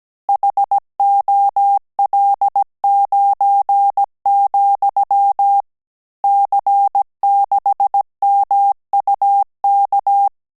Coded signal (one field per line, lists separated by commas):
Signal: Morse code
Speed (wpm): 17 wpm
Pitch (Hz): 800 Hz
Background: none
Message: HOL9, C6MUK